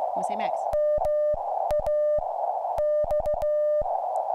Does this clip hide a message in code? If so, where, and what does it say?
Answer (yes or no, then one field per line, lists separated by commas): yes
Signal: Morse code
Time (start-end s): 0.7-3.8 s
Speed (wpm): 16 wpm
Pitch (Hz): 600 Hz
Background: speech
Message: MAX